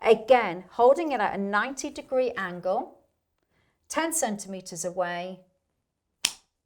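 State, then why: Seated. Someone talks while a second brand of epinephrine auto-injector pen, held at a 90-degree angle, is pushed into the thigh. It activates with a single loud, sharp click at 6.3 s, confirming it has fired.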